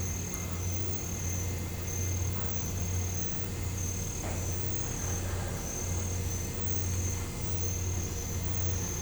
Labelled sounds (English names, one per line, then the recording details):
none
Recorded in pastures near Puerto Asís, Putumayo, Colombia, on 20 December 2024 at 02:00
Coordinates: 0.505, -76.324
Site G063